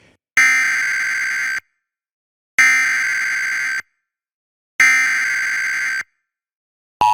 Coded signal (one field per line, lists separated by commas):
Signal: Emergency Alert System (SAME) tones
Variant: header bursts